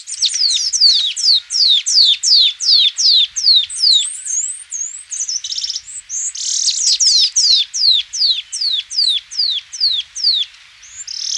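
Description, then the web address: Northern Rufous-naped Brush-Finch giving a fast run of high, sharply descending notes, briefly broken by thinner slurred whistles before the run resumes. Ecuador. "Birds of Ecuador. Northern Rufous-Naped Brush-Finch"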